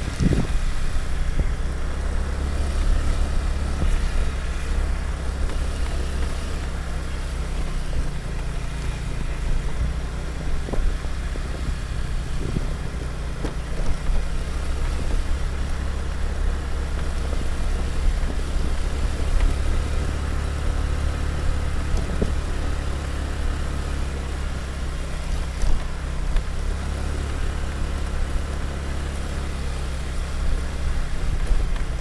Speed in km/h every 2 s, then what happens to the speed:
18, 18, 16, 16, 15, 17, 14, 17, 16, 16, 17, 16, 14, 16, 16, 15.
0-32 steady at about 16.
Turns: 18-27.